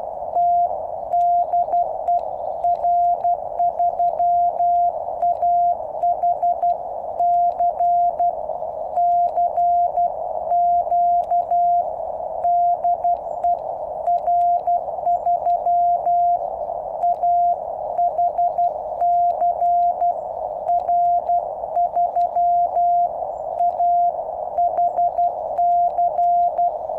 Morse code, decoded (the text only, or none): T DE R3AHC CQ DE R3AHC R3AHC